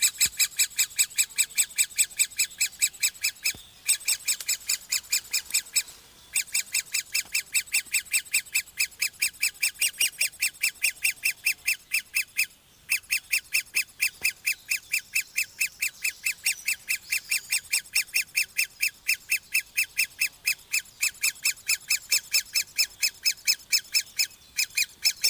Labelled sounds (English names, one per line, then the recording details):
Great Spotted Woodpecker call
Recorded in the wild
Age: juvenile
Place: Glienicke/Nordbahn, Brandenburg, DE
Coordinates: 52.6369, 13.3419
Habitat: forest
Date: 1983-06-04 10:50
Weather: diesig, 18°C, leichter Wind
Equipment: Nagra SN, Kopie Uher 4000 Monitor Report
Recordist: Tembrock, Günter